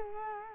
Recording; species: mosquito wingbeat signal from an infrared sensor; Culex quinquefasciatus